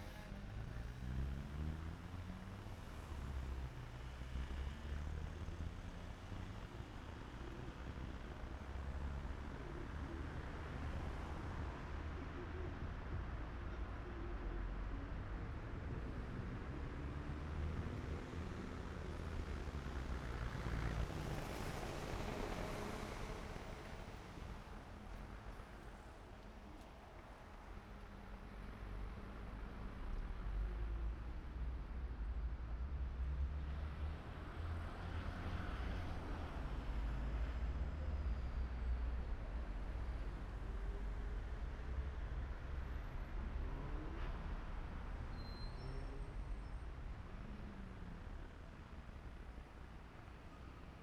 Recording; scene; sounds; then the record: everyday scene through a hearing-aid microphone; in traffic; traffic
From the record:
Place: main city hub, rush hour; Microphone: behind the ear, right, front